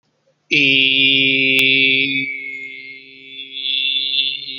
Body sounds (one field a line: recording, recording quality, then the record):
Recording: sustained vowel as in beet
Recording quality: excellent, no background noise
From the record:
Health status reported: healthy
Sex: male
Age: 21 years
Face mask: not worn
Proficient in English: no